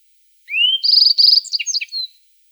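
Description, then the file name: Yellow-browed bunting song: a rising thin whistle followed by a fast trilled buzzy section and several sharp descending chips, about one and a half seconds long, clean background. "Ovsjanka zheltobrovaja"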